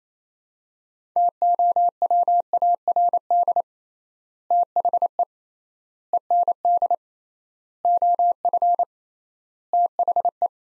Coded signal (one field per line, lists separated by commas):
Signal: Morse code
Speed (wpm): 28 wpm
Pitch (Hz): 700 Hz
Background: none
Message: TOWARD THE END OF THE